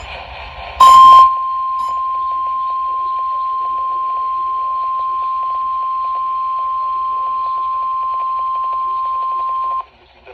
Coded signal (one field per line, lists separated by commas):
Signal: Emergency Alert System (SAME) tones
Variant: 1050 Hz attention tone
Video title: Weekly NOAA Weather Radio Tests as of 4/29/26 (NWS CHS & JAX) | EAS #209-211